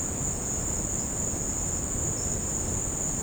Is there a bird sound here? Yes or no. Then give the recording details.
no. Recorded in secondary vegetation near Puerto Asís, Putumayo, Colombia, on 13 March 2025 at 15:30. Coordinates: 0.481, -76.318. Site G097